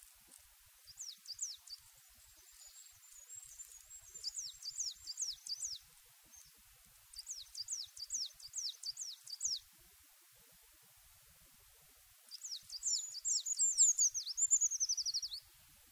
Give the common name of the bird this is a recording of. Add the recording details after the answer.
Eurasian Treecreeper. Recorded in the wild. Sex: male. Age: adult. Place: Erlangen, Bayern, DE. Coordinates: 49.5686, 11.0064. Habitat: forest. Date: 1965-06-18. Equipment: Original, Vollspur, Parabolspiegel Grampian. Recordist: Tretzel, Erwin. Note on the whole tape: Brucker Lache, Teil Bruck (Schlagbaum): Waldbaumläufer: Reviergesang